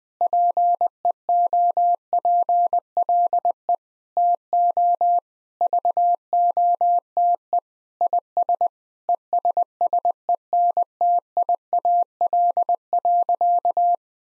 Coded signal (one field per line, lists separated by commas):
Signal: Morse code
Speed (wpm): 20 wpm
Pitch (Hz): 700 Hz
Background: none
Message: PEOPLE TO VOTE IS ESSENTIAL.